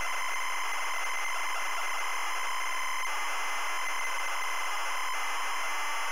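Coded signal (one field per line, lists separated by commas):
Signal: ZX Spectrum tape loading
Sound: continuous harsh buzzing screech of tape data, steady with no lead tone heard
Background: tape hiss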